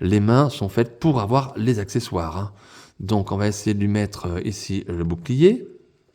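A small plastic toy shield accessory is being handled and brought to the tiny hand of an action figure while someone talks throughout. Nothing has seated or clicked yet; the clip ends just before the shield goes home in the hand.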